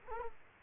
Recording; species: mosquito wingbeat signal from an infrared sensor; Culex quinquefasciatus